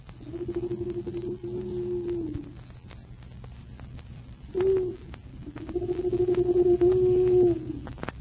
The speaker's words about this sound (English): It wasn't anything but an owl.